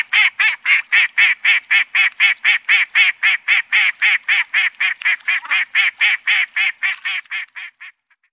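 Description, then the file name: Mallard giving a rapid, even series of many hoarse quacks, roughly four each second, fading slightly toward the end before stopping. "Grasand"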